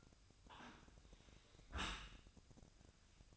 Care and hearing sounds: daily activity, microphone in the room; close dishwasher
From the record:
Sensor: 2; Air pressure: 1003.0 hPa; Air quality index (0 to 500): 200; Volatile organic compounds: 6 ppm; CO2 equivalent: 1896 ppm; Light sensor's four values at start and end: 24/58/25/28 and 24/58/25/28

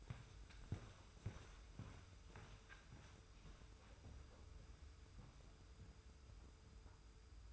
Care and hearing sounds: daily activity, microphone in the room; walk to room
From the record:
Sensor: 2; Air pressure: 991.0 hPa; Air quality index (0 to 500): 111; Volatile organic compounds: 51 ppm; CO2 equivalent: 3314 ppm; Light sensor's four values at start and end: 29/90/35/34 and 34/102/40/38

